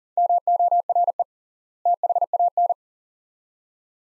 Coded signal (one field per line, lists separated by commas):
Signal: Morse code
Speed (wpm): 40 wpm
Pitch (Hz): 700 Hz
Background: none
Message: MORE THAN